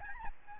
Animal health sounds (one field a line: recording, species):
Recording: mosquito wingbeat signal from an infrared sensor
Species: Aedes albopictus